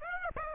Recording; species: mosquito wingbeat signal from an infrared sensor; Aedes aegypti